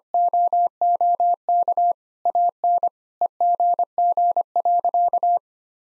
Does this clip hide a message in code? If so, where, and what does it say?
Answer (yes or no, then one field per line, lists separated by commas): yes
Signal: Morse code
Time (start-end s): 0.1-5.4 s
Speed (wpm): 25 wpm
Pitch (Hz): 700 Hz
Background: none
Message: OOK AN EGG.